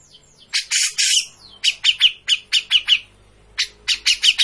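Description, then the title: Grey-cheeked bulbul giving harsh, scratchy notes: a long rasping burst, then a fast run of sharp chattering notes, pausing once before resuming. Singing continuously (gacor); used as a master for bird training. "Cucak Jenggot Gacor. Masteran burung cucak jenggot ! Suaka burung"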